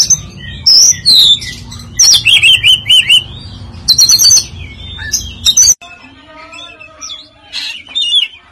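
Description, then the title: Oriental magpie-robin song of clear descending whistles and rapid trilled notes, then a softer, quieter stretch of fluty phrases after a sudden break. "Kacer"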